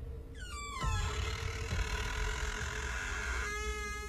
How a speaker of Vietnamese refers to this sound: Lại thêm tiếng mở cửa vang lên.